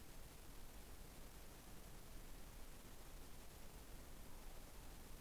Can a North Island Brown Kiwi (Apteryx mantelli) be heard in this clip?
no